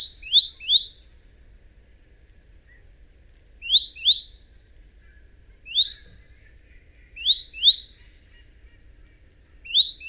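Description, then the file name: Great tit: bright, high notes in pairs or triplets, repeated every couple of seconds, with a faint softer chirp in between. "Parus major"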